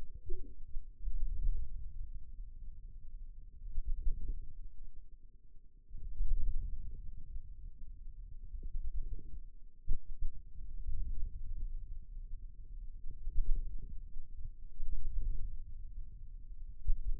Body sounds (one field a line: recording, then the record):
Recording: forearm muscle sounds (acoustic myography)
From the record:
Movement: wrist flexion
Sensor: system 2, bracelet of six BSWA MPA416 microphones around the upper forearm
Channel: 3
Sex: male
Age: 22 years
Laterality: right